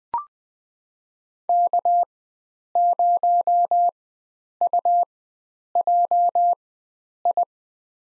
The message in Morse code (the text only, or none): K0UJI